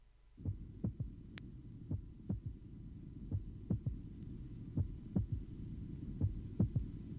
Physiological third heart sound. It is taken at the apex. Only A2 is audible, and thus the second sound appears single at this site.